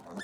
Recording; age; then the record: pig call; piglet (1 to 25 days)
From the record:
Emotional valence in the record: negative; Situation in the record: long isolation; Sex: female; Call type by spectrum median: low-frequency call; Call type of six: mixed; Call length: 0.24 s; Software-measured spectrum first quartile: 325 Hz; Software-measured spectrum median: 874 Hz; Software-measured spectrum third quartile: 2179 Hz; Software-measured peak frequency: 205 Hz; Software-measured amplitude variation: 105 dB a second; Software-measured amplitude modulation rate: 19.0 a second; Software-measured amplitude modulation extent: 5.5 dB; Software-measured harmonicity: 3.3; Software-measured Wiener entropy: -1.75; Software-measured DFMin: 1068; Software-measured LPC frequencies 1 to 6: 453, 1736, 3530, 4427, 5169, 6138 Hz